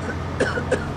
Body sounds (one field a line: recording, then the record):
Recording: coughing mixed with background sound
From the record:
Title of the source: female coughing - coughing sound effects girl